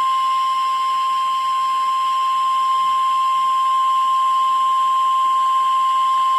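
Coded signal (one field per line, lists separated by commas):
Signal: Emergency Alert System (SAME) tones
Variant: 1050 Hz attention tone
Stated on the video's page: NOAA Weather Radio severe thunderstorm warning from an online stream, for central New York and northeastern Pennsylvania.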